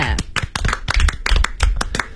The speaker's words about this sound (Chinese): 在这里我们要特别感谢天津玉扁国健生物科技有限公司对本节目的大力支持，来，所有人鼓掌。